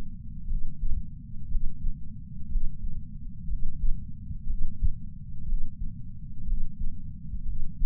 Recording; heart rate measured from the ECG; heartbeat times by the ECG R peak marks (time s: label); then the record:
heart sounds by patch sensor on the chest; 60 bpm
0.46 s: heartbeat
1.47 s: heartbeat
2.47 s: heartbeat
3.46 s: heartbeat
4.45 s: heartbeat
5.44 s: heartbeat
6.43 s: heartbeat
7.44 s: heartbeat
From the record:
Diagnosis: coronary artery disease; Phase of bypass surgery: postoperative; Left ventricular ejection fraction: 61.7%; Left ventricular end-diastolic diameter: 51 mm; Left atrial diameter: 37 mm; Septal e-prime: 6.5 cm/s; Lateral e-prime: 9.2 cm/s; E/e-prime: 11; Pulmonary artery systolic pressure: 22 mmHg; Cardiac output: 4.8 L/min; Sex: male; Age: 59 years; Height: 168 cm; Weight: 81 kg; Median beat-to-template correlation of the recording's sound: 0.85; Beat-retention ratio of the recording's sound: 1.00